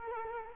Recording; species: mosquito wingbeat signal from an infrared sensor; Culex quinquefasciatus